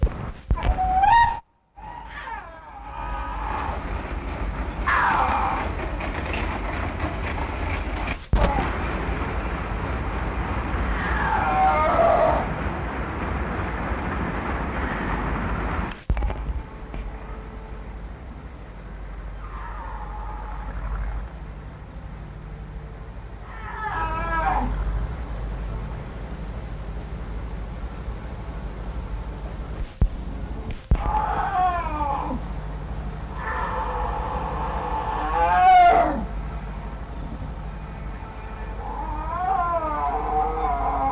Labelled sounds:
Snow Leopard (Uncia uncia)
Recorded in captivity
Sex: female
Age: adult
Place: Tierpark Berlin, Berlin, DE
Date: 1963-07-15 20:30
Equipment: Minifon, Kopie BG 26/1
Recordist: Tembrock, Günter

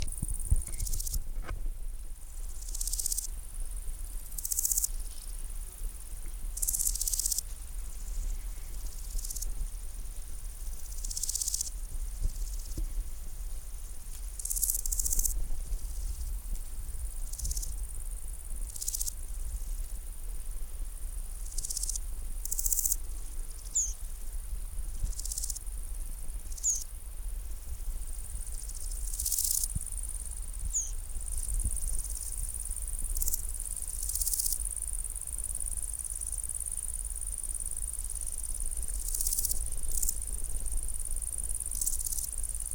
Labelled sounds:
Large Gold Grasshopper (Chrysochraon dispar) stridulation
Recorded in the wild
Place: Groß Dölln, Schorfheide, Brandenburg, DE
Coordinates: 53.01, 13.58
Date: 1996-08-04 16:47
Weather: wechselnd heiter bis wolkig, 15-18°C
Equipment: Sony MD-WM MZ-R3, Sennheiser ME 80, Kopie Uher 4000 Report Monitor
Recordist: Tembrock, Günter

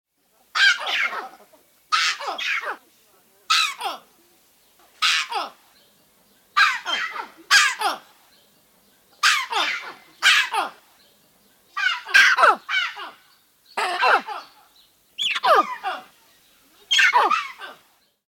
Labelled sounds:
Collared Mangabey (Cercocebus torquatus)
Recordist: Tembrock, Günter
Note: Erregungsrufe zweier Männchen

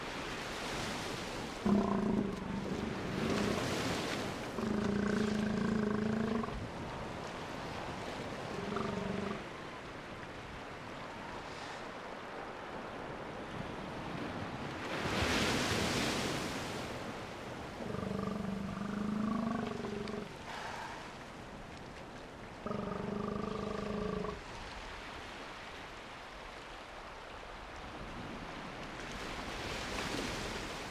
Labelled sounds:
Northern Fur Seal (Callorhinus ursinus)
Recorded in the wild
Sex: male
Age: adult
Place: Insel Mednyi, Kommandeur-Inseln, RU
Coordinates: 54.5061, 168.095
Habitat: sea
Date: 1999-06-26 18:40
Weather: cloudy, 9°C, weak winds
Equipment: Sony TCD-D8, Sennheiser MKH 70, Windkorb
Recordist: Frommolt, Karl-Heinz

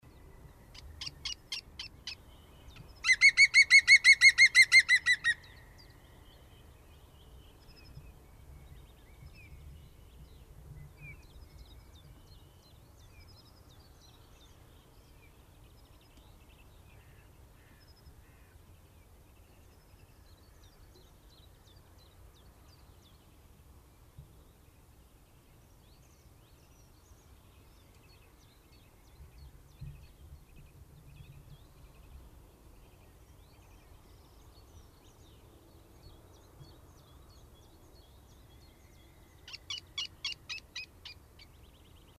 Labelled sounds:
European Green Woodpecker (Picus viridis) song, Great Tit (Parus major), Eurasian Nuthatch (Sitta europaea), Common Chiffchaff (Phylloscopus collybita), Common Blackbird (Turdus merula), Common Chaffinch (Fringilla coelebs), European Greenfinch (Chloris chloris)
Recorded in the wild
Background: Parus major, Sitta europaea, Phylloscopus collybita, Turdus merula, Fringilla coelebs, Chloris chloris
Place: Garmisch-Partenkirchen, Bayern, DE
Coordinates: 47.4925, 11.0739
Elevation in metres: 708
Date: 1969-04-12
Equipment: Uher 4000 Report
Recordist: Tretzel, Erwin
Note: Stadion, Garmisch-Partenkirchen: Gesang

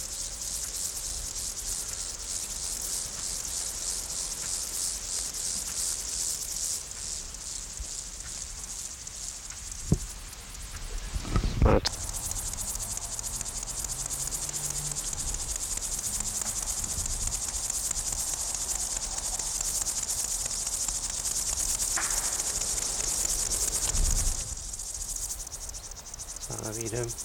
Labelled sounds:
Upland Field Grasshopper (Chorthippus apricarius) stridulation
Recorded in the wild
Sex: male
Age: imago
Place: Blankenfelde, Tegeler Fließ, Berlin, DE
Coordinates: 52.625, 13.404
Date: 1992-08-16 12:20
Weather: sonnig, 20-23°C
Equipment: Marantz CP 430, Sennheiser ME 80, Kopie Tesla B 116
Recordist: Tembrock, Günter

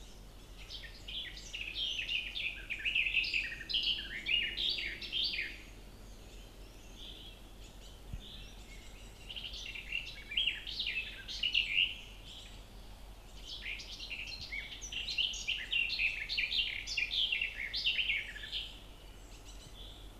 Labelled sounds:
Garden Warbler (Sylvia borin) song
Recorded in the wild
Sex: male
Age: adult
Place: Marburg, Hessen, DE
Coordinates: 50.8136, 8.76417
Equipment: Uher 4100 Report-V, Sennheiser MKH 804, Kopie DAT
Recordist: Brunner, Thomas
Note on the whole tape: Gesang einer Gartengrasmücke, 1970

